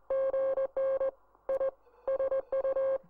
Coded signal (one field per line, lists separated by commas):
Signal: Morse code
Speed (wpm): 18 wpm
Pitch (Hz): 540 Hz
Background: none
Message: GN I SU